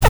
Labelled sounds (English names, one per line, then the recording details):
Zebra Finch tet call
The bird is a male
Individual mal1